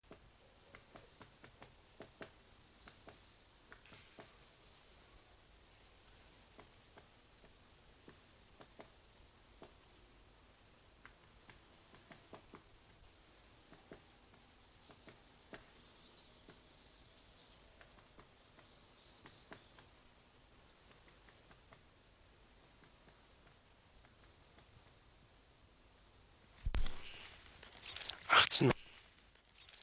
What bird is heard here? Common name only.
Great Spotted Woodpecker